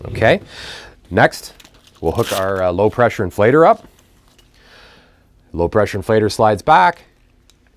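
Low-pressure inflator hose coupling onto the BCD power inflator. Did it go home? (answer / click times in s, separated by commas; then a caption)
yes / 7.5 s. Someone talks while a low-pressure inflator hose's quick-disconnect fitting has its metal sleeve slid back and is pushed onto the BCD power inflator nipple. A few faint sounds come around 4.3 to 4.5 seconds, then a sharp click at 7.5 seconds as the coupling locks on and seats.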